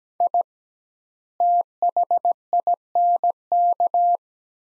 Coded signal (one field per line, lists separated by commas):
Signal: Morse code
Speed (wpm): 17 wpm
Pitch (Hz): 700 Hz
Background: none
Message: I THINK